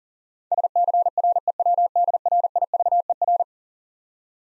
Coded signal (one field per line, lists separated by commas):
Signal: Morse code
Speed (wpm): 39 wpm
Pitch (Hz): 700 Hz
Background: none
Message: SCREWDRIVER